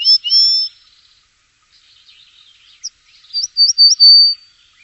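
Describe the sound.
Bird calling with clear high whistled notes, first a quick slurred phrase, then a pause with faint twitters, then a run of short rising chirps ending in a longer whistle.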